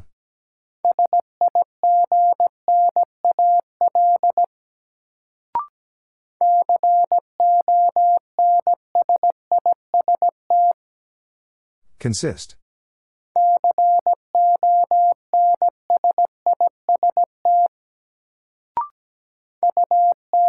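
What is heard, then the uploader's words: A Morse code message beeps out in a steady mid-pitched tone, short and long pulses grouped into bursts of a few seconds each. Brief clicks fall between the groups, and around twelve seconds a short rough burst of noise interrupts. Sentences from Top 1400 Words - New Word Drill - 17wpm. First, the word is sent in Morse code.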